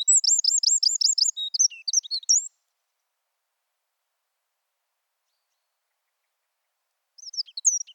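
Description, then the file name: Eurasian wren song: a fast high trill of repeated notes and twitters for about two and a half seconds, a long silence, then a brief renewed burst of high notes. "Troglodytes troglodytes"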